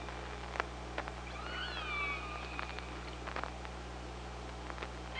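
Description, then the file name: Killer whale calls underwater: bending, dropping harmonic tonal calls, scattered clicks, and steady low hum throughout. Recorded by OrcaLab hydrophone on 24 August 2017 at 05:27. "Orca Lab UTLN JASON 20170824 052721"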